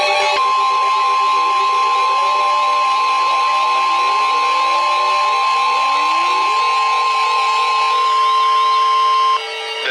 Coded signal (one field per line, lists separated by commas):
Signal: Emergency Alert System (SAME) tones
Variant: 1050 Hz attention tone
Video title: 3 Days of Severe Weather - An EAS Event (EAS #164-208)